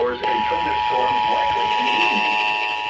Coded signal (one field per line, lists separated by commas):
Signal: Emergency Alert System (SAME) tones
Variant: 853 and 960 Hz attention tone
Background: speech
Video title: EAS #101 Severe Thunderstorm Warning For MY COUNTY On WBAP-AM